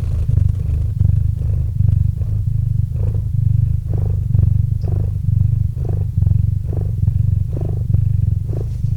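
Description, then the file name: Cat purring, a steady low rumble with soft rhythmic pulses of breathing, continuous throughout. Domestic cat named Murchik purring into a microphone. "Kot Murchik - Murchanie kota kot murchal v mikrofon"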